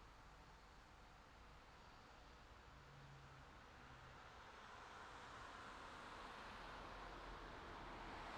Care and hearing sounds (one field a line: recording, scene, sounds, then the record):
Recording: everyday scene through a hearing-aid microphone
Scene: in traffic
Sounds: traffic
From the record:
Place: city secondary road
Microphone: in the ear canal, left